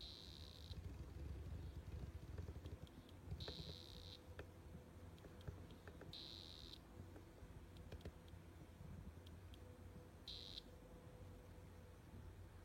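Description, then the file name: Splash-backed poison frog calls: four short high-pitched buzzing trills at irregular intervals, set against a continuous low hum and faint ticking. Southern population; calling. "ranitomeya variabilis southern calling"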